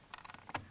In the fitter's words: press down on the top of the display until it snaps into place